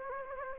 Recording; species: mosquito wingbeat signal from an infrared sensor; Anopheles gambiae